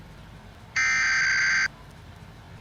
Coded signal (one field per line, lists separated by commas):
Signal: Emergency Alert System (SAME) tones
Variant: header bursts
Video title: RFYLCB on BXW Channel with Emergency Alert System Test (April 28, 2021) (Spectrum 2)